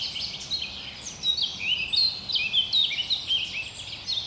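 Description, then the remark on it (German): Several birds sing continuously in a forest, their high, quick chirps and trills overlapping in a dense chorus over a faint low rumble, with no voices. “Die Vögel sind natürlich alle schon längst aufgewacht.”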